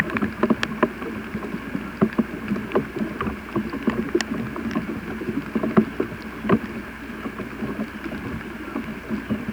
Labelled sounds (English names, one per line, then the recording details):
none
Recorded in pastures near Puerto Asís, Putumayo, Colombia, on 22 December 2024 at 18:00
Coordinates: 0.486, -76.323
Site GP01